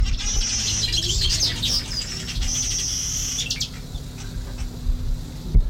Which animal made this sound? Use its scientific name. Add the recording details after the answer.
Ploceus cucullatus. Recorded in captivity. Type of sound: song, twittering. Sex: male. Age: adult. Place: Tiergarten Schönbrunn, AT. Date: 1994-09-28 14:55. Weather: bedeckt, 22°C. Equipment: Marantz CP 430, Sennheiser ME 80, Kopie Uher Variocord 263. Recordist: Tembrock, Günter. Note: Strophe (kurz)